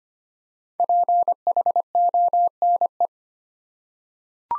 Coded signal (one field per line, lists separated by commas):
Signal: Morse code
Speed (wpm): 25 wpm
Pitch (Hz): 700 Hz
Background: none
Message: PHONE